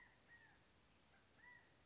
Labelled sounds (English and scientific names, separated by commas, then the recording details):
California Quail (Callipepla californica)
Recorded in Sonoma County, California